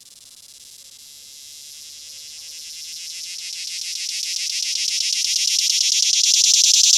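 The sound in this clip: Swamp cicada buzzing call, a high pulsing rattle that swells steadily louder over seven seconds into a dense, sizzling drone.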